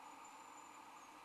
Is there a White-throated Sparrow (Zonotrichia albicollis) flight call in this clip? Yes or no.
no